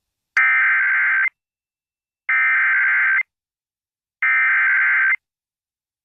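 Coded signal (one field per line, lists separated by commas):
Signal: Emergency Alert System (SAME) tones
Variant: header bursts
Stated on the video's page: Personally captured real EAS alerts.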